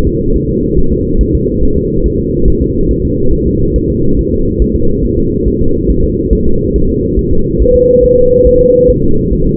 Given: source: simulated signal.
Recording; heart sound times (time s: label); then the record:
fetal heart sounds
0.07 s: S2
0.36 s: S1
0.50 s: S2
0.78 s: S1
0.92 s: S2
1.21 s: S1
1.35 s: S2
1.63 s: S1
1.77 s: S2
2.06 s: S1
2.20 s: S2
2.48 s: S1
2.62 s: S2
2.91 s: S1
3.05 s: S2
3.33 s: S1
3.47 s: S2
3.76 s: S1
3.90 s: S2
4.19 s: S1
4.33 s: S2
4.62 s: S1
4.76 s: S2
5.05 s: S1
5.19 s: S2
5.48 s: S1
5.62 s: S2
5.91 s: S1
6.04 s: S2
6.33 s: S1
6.47 s: S2
6.76 s: S1
6.90 s: S2
7.19 s: S1
7.33 s: S2
7.62 s: S1
7.76 s: S2
8.04 s: S1
8.18 s: S2
8.47 s: S1
8.61 s: S2
8.90 s: S1
9.04 s: S2
9.34 s: S1
9.47 s: S2
From the record:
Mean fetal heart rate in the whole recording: 140 bpm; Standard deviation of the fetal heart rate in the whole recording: 2 bpm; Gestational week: 34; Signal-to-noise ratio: -17.7 dB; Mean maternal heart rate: 72 bpm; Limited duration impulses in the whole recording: present